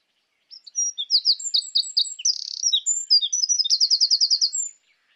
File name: Troglodytes troglodytes